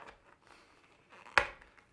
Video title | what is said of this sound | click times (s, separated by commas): I reviewed an Alarm Clock ⏰ 😴 - HeimVision A70c | yep they just snap right in so you should be good to go | 1.4 s